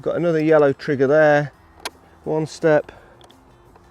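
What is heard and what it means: Someone talks while a yellow trigger is pressed to unfold the metal frame of a PowaKaddy CT6 compact electric golf trolley, working the folding frame hinge latch toward locking open. After the talking stops, only a few faint, short ticks come through against quiet background. Nothing has seated or clicked yet; the frame is handled but not yet home.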